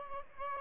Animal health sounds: mosquito wingbeat signal from an infrared sensor; Aedes albopictus

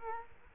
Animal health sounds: mosquito wingbeat signal from an infrared sensor; Culex quinquefasciatus

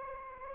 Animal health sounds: mosquito wingbeat signal from an infrared sensor; Anopheles arabiensis

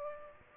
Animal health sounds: mosquito wingbeat signal from an infrared sensor; Aedes aegypti

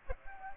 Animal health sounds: mosquito wingbeat signal from an infrared sensor; Aedes aegypti

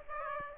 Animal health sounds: mosquito wingbeat signal from an infrared sensor; Aedes aegypti

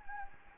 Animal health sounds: mosquito wingbeat signal from an infrared sensor; Anopheles gambiae

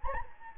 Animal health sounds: mosquito wingbeat signal from an infrared sensor; Anopheles gambiae

